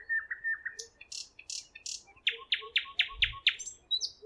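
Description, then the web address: Nightingale song: a short series of soft notes, four loud high swept notes, then a quick chain of about six clipped notes. Singing at Roslawien on 13 May 2016. "slowik-spiew-slowika-roslawien-13052016"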